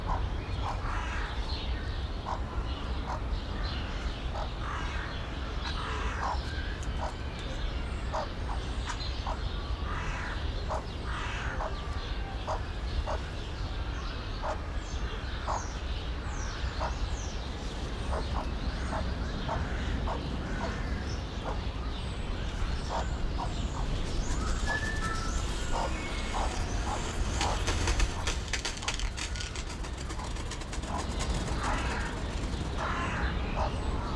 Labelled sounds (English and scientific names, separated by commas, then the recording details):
Crested Oropendola (Psarocolius decumanus) call
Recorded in captivity
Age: adult
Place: Zoo Berlin, Berlin, DE
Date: 1993-02-20
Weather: 4 °C, heiter bis wolkig, böiger Wind
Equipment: Marantz CP 430, Sennheiser ME 80, Kopie Uher Variocord 263
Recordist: Tembrock, Günter